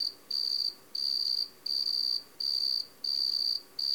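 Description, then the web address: Cricket chirping in bright, high, buzzy trills, each lasting under half a second and repeated steadily about every seven-tenths of a second over faint background hiss. "E-MU Producer Series Vol 3 – Hollywood Sound Effects Water Insects 1 CRICKET"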